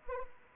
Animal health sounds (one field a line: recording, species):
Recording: mosquito wingbeat signal from an infrared sensor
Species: Anopheles arabiensis